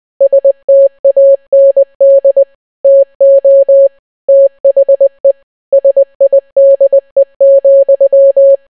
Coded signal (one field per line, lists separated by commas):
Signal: Morse code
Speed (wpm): 20 wpm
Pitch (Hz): 550 Hz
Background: none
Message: STAND TO THE SIDE,